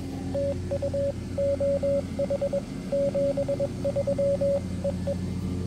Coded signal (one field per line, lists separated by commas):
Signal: Morse code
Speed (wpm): 20 wpm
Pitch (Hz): 550 Hz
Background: radio noise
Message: TU OH 73 EE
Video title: FX-4CR POTA